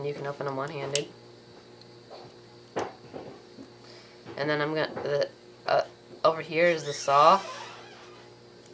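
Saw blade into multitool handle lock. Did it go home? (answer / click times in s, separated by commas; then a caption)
no / none. Someone talks while handling a steel Leatherman Wave multitool, with faint handling sounds between the speech as the saw blade is folded out toward its handle lock. The clip ends before the blade locks; nothing has seated or clicked yet.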